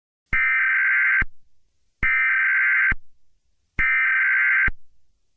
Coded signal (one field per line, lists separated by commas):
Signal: Emergency Alert System (SAME) tones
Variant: header bursts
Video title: The G11 Taskforce Cannon Event | Mini EAS Scenario